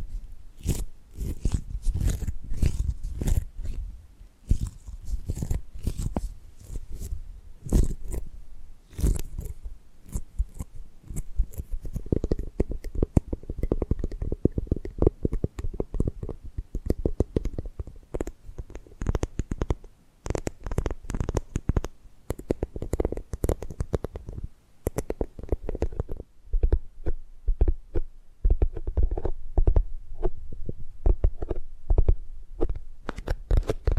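Dense, irregular tapping and gripping sounds, sharp clicks in quick clusters over a low rumbling thump, continuing steadily for the whole stretch.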